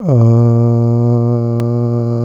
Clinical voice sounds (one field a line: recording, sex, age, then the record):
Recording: sustained vowel /a/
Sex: male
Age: 20 to 29 years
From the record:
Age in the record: 24 years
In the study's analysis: included